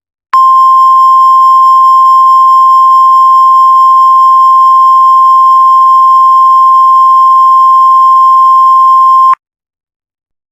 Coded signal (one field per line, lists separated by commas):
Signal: Emergency Alert System (SAME) tones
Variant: 1050 Hz attention tone